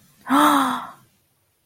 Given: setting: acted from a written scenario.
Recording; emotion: vocal sound without words; desire